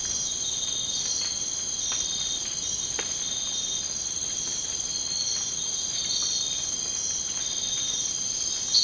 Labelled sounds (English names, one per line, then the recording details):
none
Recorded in dense forest near Puerto Asís, Putumayo, Colombia, on 19 March 2025 at 02:00
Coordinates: 0.500, -76.322
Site GP06